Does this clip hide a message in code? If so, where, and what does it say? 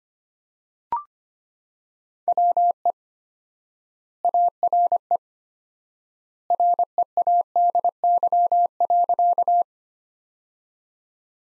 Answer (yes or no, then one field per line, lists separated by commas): yes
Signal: Morse code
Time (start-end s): 2.3-9.6 s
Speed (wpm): 25 wpm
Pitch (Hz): 700 Hz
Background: none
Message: WE ARE READY.